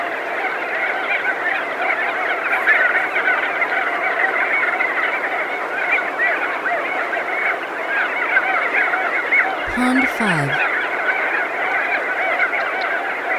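Crested auklet colony noise, massed nasal honks and yelping notes overlapping, with a quick downward electronic sweep near the tenth second.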